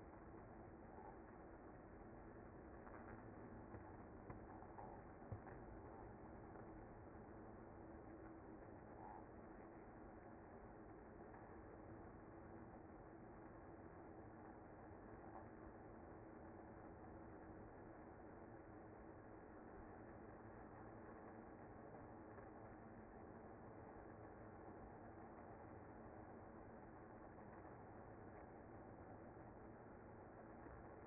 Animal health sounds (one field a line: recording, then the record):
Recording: honeybee colony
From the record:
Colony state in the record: active